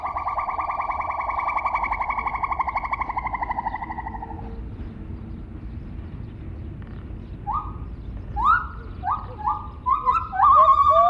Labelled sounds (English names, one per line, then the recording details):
Lar Gibbon
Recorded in captivity
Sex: diverse
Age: adult
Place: Zoo Rostock, Mecklenburg-Vorpommern, DE
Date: 1970-06-03 11:50
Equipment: Uher 4200 Report Stereo, Sennheiser MD 421
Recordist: Tembrock, Günter